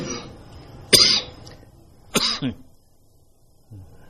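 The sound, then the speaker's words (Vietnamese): Two sharp, harsh coughs about a second apart, the second breaking into a short rough double burst, followed by a faint throaty sound, from a person who has been getting ill for a few days. No talking, just quiet breathing noise between. “Tôi không phải là có thói quen ho, từ mấy ngày nay nó muốn bệnh rồi ho, không có thói quen ho.”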